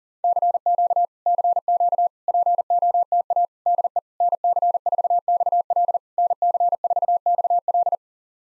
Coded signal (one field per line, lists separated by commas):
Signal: Morse code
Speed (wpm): 40 wpm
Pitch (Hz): 700 Hz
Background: none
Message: CQ CQ POTA DE NC4XL NC4XL